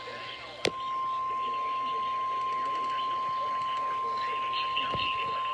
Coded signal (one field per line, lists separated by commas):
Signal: Emergency Alert System (SAME) tones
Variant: 1050 Hz attention tone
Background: speech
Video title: EAS Alerts From July 11 2026 EAS 913-922